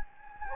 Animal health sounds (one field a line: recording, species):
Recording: mosquito wingbeat signal from an infrared sensor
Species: Anopheles gambiae